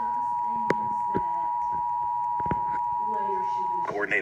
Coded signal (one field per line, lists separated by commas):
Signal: Emergency Alert System (SAME) tones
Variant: 853 and 960 Hz attention tone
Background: speech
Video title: Required Monthly Test EAS #22